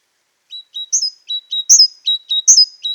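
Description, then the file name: Great tit calling: high whistled notes and sharp down-slurred notes alternating in a quick, repeating pattern, in an otherwise silent background. "Parus major"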